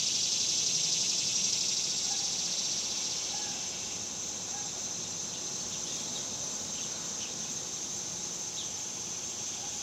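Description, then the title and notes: Cicadas keep up a high continuous buzz, loudest at the start and easing off, with a few faint chirps in the background. Cicadas recorded outdoors in summer in the suburbs. "Ext Summer Cicadas, Suburbs by Bandeto"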